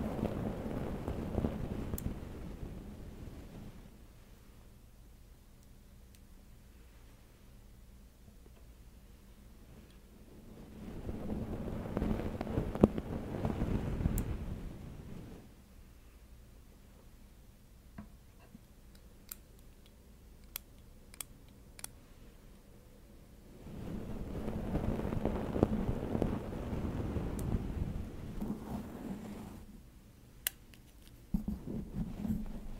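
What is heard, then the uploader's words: Hair play in soft rustling swells, around 0–4, 10–14, 24–29 and 31–33 seconds, with quiet pauses and tiny clicks between. ASMR Hair Play for Sleep No Talking.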